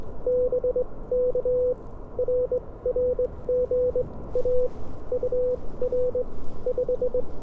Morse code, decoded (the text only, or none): BK RR GA UR 5